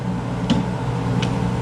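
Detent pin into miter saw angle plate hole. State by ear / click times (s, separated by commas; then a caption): seated / 0.5 s. A miter saw table is rotated until the spring-loaded detent pin underneath drops into the 45-degree hole of the angle plate, giving a sharp click at 0.5 s, with a fainter tick around 1.2 s over a steady low hum. The pin is engaged and the table is locked at 45 degrees.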